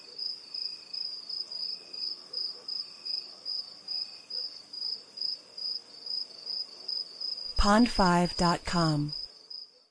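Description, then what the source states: Crickets trill in a high, steady pulse for most; near the end a dog barks a few times over the insect sound. Intense crickets at night in a rural area, USA, with a distant dog.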